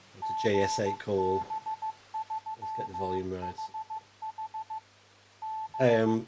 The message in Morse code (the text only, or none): GB3HH B